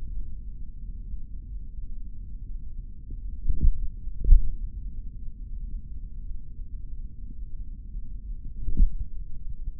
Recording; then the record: forearm muscle sounds (acoustic myography)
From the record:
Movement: tripod grip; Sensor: system 3, bracelet of six PUI Audio POM-2738L microphones around the upper forearm, with dedicated amplification and filtering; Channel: 2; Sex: male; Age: 26 years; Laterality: right